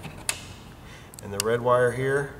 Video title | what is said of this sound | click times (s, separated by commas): How To: Anderson Powerpole Connectors | snap that in | 0.3 s